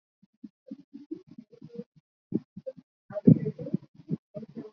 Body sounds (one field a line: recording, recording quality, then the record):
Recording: shallow breathing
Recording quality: poor, much background noise or distortion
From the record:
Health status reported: COVID-19 positive, mild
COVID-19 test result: positive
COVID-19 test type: RT-PCR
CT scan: not taken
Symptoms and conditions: cough, fever, fatigue, muscle pain, asthma, hypertension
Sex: male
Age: 28 years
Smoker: no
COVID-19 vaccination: both doses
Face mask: worn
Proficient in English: yes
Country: India